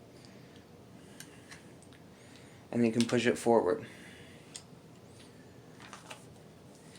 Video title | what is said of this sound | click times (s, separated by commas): PSE Handheld Crossbow Assembly | pull it all the way back until you hear it click, | 1.2 s